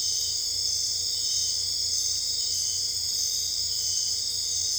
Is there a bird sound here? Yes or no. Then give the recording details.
no. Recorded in dense forest near Puerto Asís, Putumayo, Colombia, on 26 December 2024 at 01:30. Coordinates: 0.485, -76.318. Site GP03